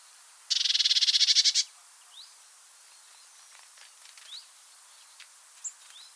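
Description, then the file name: Eurasian blue tit uttering a single scratchy pulsed churr just over a second long, followed by scattered faint tweets and clicks. "Cyanistes caeruleus"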